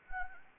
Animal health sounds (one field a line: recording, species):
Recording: mosquito wingbeat signal from an infrared sensor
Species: Anopheles gambiae